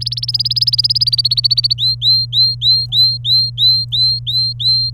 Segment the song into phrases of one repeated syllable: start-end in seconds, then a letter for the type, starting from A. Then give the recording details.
0.01-1.73 A, 1.78-4.90 B. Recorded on 27 April 2018 at 14:13. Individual llb3